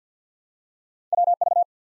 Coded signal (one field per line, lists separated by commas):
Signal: Morse code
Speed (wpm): 51 wpm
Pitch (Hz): 700 Hz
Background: none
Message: WV